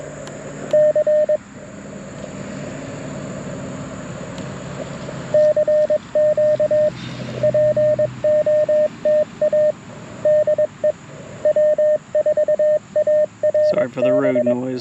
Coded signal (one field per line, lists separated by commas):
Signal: Morse code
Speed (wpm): 22 wpm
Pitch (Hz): 610 Hz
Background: speech, radio noise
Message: C CQ POTA DE W4ARB